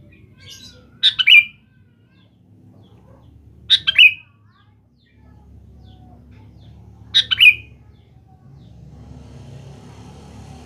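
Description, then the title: Sooty-headed bulbul song, three crisp chirping phrases ending in a short whistle, spaced about three seconds apart, with a low rumbling background that rises near the end. "Kutilang"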